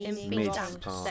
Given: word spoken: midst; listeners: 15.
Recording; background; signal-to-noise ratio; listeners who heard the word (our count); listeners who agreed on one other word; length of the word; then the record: one English word in noise, from a listening test; four-talker babble; 0.0 dB; 3 of 15; 8 of 15; 0.71 s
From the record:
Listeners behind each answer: 8, 3, 2, 1, 1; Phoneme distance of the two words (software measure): 14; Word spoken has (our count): 1 syllable, 5 phonemes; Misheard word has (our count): 1 syllable, 3 phonemes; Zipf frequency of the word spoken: 3.59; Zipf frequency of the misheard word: 4.61